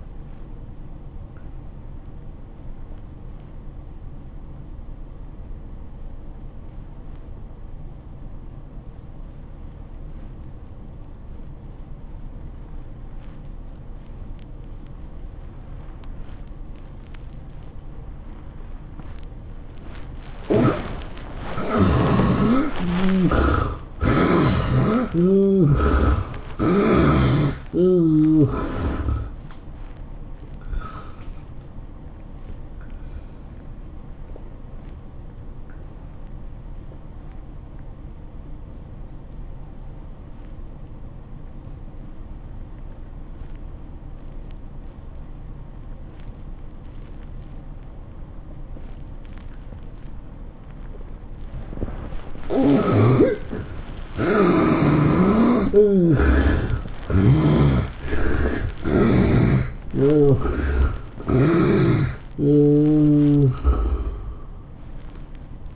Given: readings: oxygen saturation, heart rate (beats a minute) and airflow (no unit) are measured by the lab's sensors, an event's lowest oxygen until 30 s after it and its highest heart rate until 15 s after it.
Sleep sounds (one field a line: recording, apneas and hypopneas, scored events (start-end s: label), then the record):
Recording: breathing in sleep by a smartphone at the bedside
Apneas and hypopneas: 2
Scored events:
3.00-20.90 s: obstructive apnea (N1, oxygen 97% highest, then 67% lowest, heart rate 102 at the start, 110 highest)
37.00-51.60 s: obstructive apnea (N1, oxygen 92% highest, then 66% lowest, heart rate 88 at the start, 113 highest)
From the record:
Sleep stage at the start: N1 (lightest sleep)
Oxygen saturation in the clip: 67 to 97%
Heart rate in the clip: 80 to 113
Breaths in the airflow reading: 10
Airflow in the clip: -15.6 to 9.7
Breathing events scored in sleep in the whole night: 403 in 5.5 hours asleep